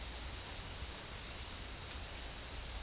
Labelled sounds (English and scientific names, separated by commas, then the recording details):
none
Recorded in dense forest near Puerto Asís, Putumayo, Colombia, on 9 March 2025 at 09:30
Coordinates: 0.484, -76.325
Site G045